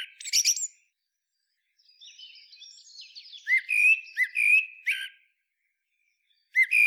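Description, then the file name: Eurasian blackbird song fragment: a brief high twitter, then soft quiet warbling and a run of clear whistled notes. "Turdus merula"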